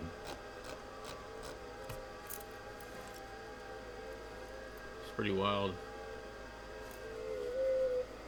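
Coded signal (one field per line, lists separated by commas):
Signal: FT8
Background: speech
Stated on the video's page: FT8 DX on 10 meters.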